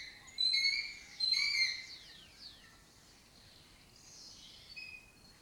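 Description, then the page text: Lesser kestrel calling: two loud, rasping harmonic notes in quick succession, then fainter scattered calls fading into background hiss. Breeding colony in an abandoned building complex in Doñana; migratory raptor that forages in West Africa and breeds in southern Europe. "Lesser Kestrels Took Over an Abandoned Building. Here in Doñana"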